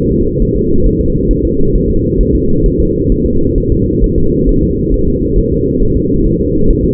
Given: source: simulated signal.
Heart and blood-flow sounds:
fetal heart sounds
0.12 s: S2
0.42 s: S1
0.56 s: S2
0.87 s: S1
1.01 s: S2
1.31 s: S1
1.45 s: S2
1.76 s: S1
1.90 s: S2
2.21 s: S1
2.35 s: S2
2.66 s: S1
2.80 s: S2
3.12 s: S1
3.26 s: S2
3.58 s: S1
3.72 s: S2
4.04 s: S1
4.18 s: S2
4.49 s: S1
4.63 s: S2
4.94 s: S1
5.08 s: S2
5.38 s: S1
5.53 s: S2
5.83 s: S1
5.97 s: S2
6.26 s: S1
6.41 s: S2
6.70 s: S1
6.85 s: S2
From the record:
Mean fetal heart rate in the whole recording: 135 bpm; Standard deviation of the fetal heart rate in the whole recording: 3 bpm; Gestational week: 36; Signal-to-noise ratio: -16.4 dB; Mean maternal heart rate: 72 bpm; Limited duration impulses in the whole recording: present

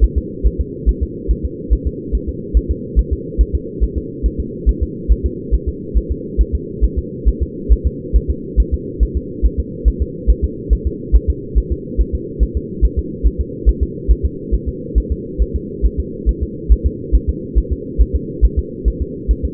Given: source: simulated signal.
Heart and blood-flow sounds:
fetal heart sounds
0.04 s: S1
0.18 s: S2
0.47 s: S1
0.61 s: S2
0.89 s: S1
1.03 s: S2
1.31 s: S1
1.45 s: S2
1.73 s: S1
1.87 s: S2
2.15 s: S1
2.29 s: S2
2.57 s: S1
2.71 s: S2
2.99 s: S1
3.13 s: S2
3.41 s: S1
3.55 s: S2
3.84 s: S1
3.98 s: S2
4.26 s: S1
4.40 s: S2
4.69 s: S1
4.83 s: S2
5.12 s: S1
5.26 s: S2
5.54 s: S1
5.69 s: S2
5.97 s: S1
6.12 s: S2
6.41 s: S1
6.55 s: S2
6.84 s: S1
6.99 s: S2
7.28 s: S1
7.42 s: S2
7.72 s: S1
7.87 s: S2
8.16 s: S1
8.31 s: S2
8.60 s: S1
8.74 s: S2
9.03 s: S1
9.17 s: S2
9.45 s: S1
9.60 s: S2
9.88 s: S1
10.02 s: S2
10.30 s: S1
10.44 s: S2
10.73 s: S1
10.87 s: S2
11.16 s: S1
11.30 s: S2
11.58 s: S1
11.72 s: S2
12.01 s: S1
12.15 s: S2
12.43 s: S1
12.57 s: S2
12.85 s: S1
12.99 s: S2
13.27 s: S1
13.41 s: S2
13.69 s: S1
13.83 s: S2
14.11 s: S1
14.25 s: S2
14.54 s: S1
14.69 s: S2
14.98 s: S1
15.12 s: S2
15.42 s: S1
15.56 s: S2
15.85 s: S1
16.00 s: S2
16.29 s: S1
16.43 s: S2
16.72 s: S1
16.86 s: S2
17.15 s: S1
17.29 s: S2
17.58 s: S1
17.72 s: S2
18.01 s: S1
18.16 s: S2
18.45 s: S1
18.59 s: S2
18.88 s: S1
19.02 s: S2
19.31 s: S1
19.45 s: S2
From the record:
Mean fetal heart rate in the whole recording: 140 bpm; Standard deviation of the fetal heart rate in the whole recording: 2 bpm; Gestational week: 34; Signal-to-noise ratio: -4.1 dB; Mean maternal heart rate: no maternal heart sound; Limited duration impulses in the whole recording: absent

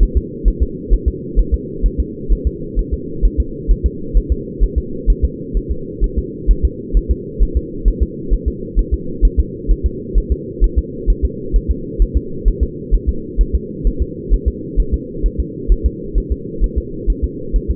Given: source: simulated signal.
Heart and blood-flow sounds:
fetal heart sounds
0.03 s: S1
0.17 s: S2
0.48 s: S1
0.62 s: S2
0.93 s: S1
1.08 s: S2
1.39 s: S1
1.54 s: S2
1.86 s: S1
2.00 s: S2
2.32 s: S1
2.47 s: S2
2.79 s: S1
2.94 s: S2
3.25 s: S1
3.40 s: S2
3.71 s: S1
3.86 s: S2
4.17 s: S1
4.32 s: S2
4.64 s: S1
4.78 s: S2
5.10 s: S1
5.25 s: S2
5.57 s: S1
5.71 s: S2
6.04 s: S1
6.18 s: S2
6.51 s: S1
6.65 s: S2
6.97 s: S1
7.11 s: S2
7.43 s: S1
7.57 s: S2
7.88 s: S1
8.03 s: S2
8.33 s: S1
8.48 s: S2
8.79 s: S1
8.94 s: S2
9.25 s: S1
9.40 s: S2
9.71 s: S1
9.86 s: S2
10.18 s: S1
10.32 s: S2
10.64 s: S1
10.79 s: S2
11.10 s: S1
11.25 s: S2
11.56 s: S1
11.71 s: S2
12.02 s: S1
12.17 s: S2
12.48 s: S1
12.63 s: S2
12.95 s: S1
13.09 s: S2
13.41 s: S1
13.55 s: S2
13.87 s: S1
14.02 s: S2
14.34 s: S1
14.48 s: S2
14.80 s: S1
14.94 s: S2
15.26 s: S1
15.40 s: S2
15.72 s: S1
15.86 s: S2
16.18 s: S1
16.32 s: S2
16.64 s: S1
16.78 s: S2
17.10 s: S1
17.24 s: S2
17.56 s: S1
17.71 s: S2
From the record:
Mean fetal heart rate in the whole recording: 130 bpm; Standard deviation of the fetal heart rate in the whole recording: 2 bpm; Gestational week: 36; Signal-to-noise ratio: -4.3 dB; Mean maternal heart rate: 72 bpm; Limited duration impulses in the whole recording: absent

